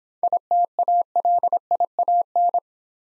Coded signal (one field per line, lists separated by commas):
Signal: Morse code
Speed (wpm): 26 wpm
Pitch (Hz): 700 Hz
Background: none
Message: ITALIAN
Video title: Easy Words - Speed-Racing with Hints - 20wpm